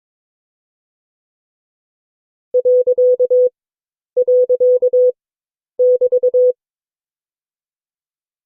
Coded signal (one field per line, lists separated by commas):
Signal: Morse code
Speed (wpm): 22 wpm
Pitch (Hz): 500 Hz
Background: none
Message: ..<BT>